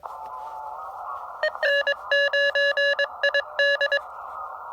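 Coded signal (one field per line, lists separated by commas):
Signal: Morse code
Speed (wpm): 22 wpm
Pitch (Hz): 1700 Hz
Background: none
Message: N9ID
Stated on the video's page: State game land activation with an Elecraft KX2 at 5 watts into a not-so-resonant wire antenna.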